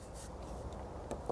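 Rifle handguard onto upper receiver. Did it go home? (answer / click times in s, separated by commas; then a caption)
no / none. A handguard for a Sig Sauer MCX 5.56 rifle is slid over the barrel along its slotted side tracks toward the upper receiver, with steady low rubbing and handling noise and two brief sharp taps near 1.1 and 1.3 seconds. The clip ends before the handguard pops into place; nothing has seated yet.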